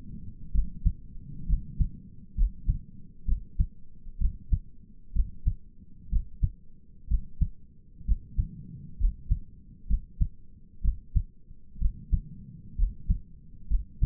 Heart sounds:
heart sounds by stethoscope; 64 bpm
0.54 s: heartbeat
1.48 s: heartbeat
2.37 s: heartbeat
3.27 s: heartbeat
4.20 s: heartbeat
5.15 s: heartbeat
6.11 s: heartbeat
7.09 s: heartbeat
8.06 s: heartbeat
8.99 s: heartbeat
9.88 s: heartbeat
10.83 s: heartbeat
11.80 s: heartbeat
12.77 s: heartbeat
13.69 s: heartbeat
From the record:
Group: healthy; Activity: rest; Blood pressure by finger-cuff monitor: 102/61 mmHg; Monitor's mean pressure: 74 mmHg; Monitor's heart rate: 64 bpm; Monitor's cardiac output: 5.8 L/min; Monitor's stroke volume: 91 mL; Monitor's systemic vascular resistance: 900 dyn s/cm5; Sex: male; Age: 22 years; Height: 181 cm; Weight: 79 kg

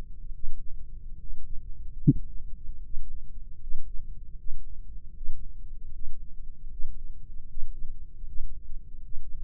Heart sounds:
heart sounds by microphone in the right ear; 76 bpm
0.31 s: heartbeat
1.17 s: heartbeat
2.00 s: heartbeat
2.81 s: heartbeat
3.58 s: heartbeat
4.36 s: heartbeat
5.12 s: heartbeat
5.91 s: heartbeat
6.69 s: heartbeat
7.47 s: heartbeat
8.25 s: heartbeat
9.02 s: heartbeat
From the record:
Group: healthy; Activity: Valsalva maneuver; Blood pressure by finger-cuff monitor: 95/64 mmHg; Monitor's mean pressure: 73 mmHg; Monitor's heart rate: 77 bpm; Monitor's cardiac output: 5.2 L/min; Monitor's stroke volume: 70 mL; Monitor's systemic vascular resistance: 980 dyn s/cm5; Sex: female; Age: 22 years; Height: 163 cm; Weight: 67.1 kg

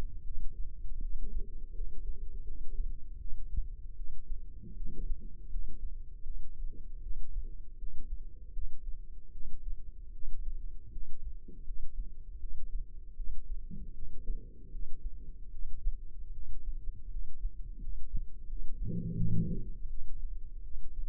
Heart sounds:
heart sounds by microphone in the left ear; 79 bpm
0.22 s: heartbeat
0.99 s: heartbeat
1.72 s: heartbeat
2.43 s: heartbeat
3.17 s: heartbeat
3.94 s: heartbeat
4.74 s: heartbeat
5.47 s: heartbeat
6.22 s: heartbeat
7.00 s: heartbeat
7.76 s: heartbeat
8.51 s: heartbeat
9.30 s: heartbeat
10.10 s: heartbeat
10.90 s: heartbeat
11.62 s: heartbeat
12.37 s: heartbeat
13.14 s: heartbeat
13.92 s: heartbeat
14.69 s: heartbeat
15.49 s: heartbeat
16.31 s: heartbeat
17.08 s: heartbeat
17.78 s: heartbeat
18.45 s: heartbeat
19.15 s: heartbeat
19.87 s: heartbeat
20.61 s: heartbeat
From the record:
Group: healthy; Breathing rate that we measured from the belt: 10 breaths a minute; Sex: female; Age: 19 years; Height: 163 cm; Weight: 48.9 kg

